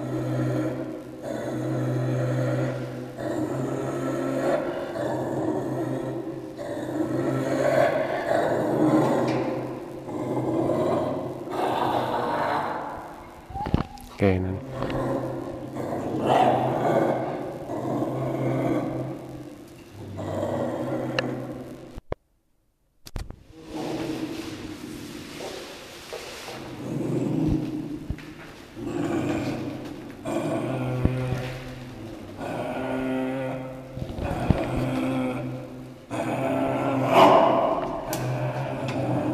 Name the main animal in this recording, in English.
Maned Wolf